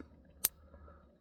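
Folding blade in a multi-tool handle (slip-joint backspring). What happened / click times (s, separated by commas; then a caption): A spring-loaded folding blade snaps into its open position / 0.4 s. A slip-joint blade on a newer Gerber Armbar multi-tool is worked in its handle, and the backspring snaps it into position with a single loud, crisp snap at 0.5 s over a quiet background. The blade is seated but not locked; the maker fixed the snap, which was weak and barely audible on older versions.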